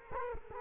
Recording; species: mosquito wingbeat signal from an infrared sensor; Culex quinquefasciatus